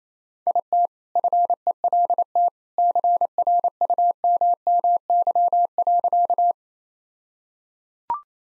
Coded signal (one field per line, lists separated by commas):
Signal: Morse code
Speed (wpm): 28 wpm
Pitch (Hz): 700 Hz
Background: none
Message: IT FELT CRUMMY.